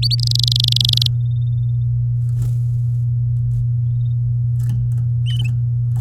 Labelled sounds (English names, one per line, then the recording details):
Domestic Canary song
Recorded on 9 May 2018 at 08:48
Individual llb16